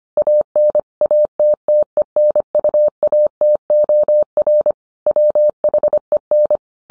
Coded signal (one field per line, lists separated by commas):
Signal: Morse code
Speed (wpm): 25 wpm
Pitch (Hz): 600 Hz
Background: none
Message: AN ATTENUATOR WHEN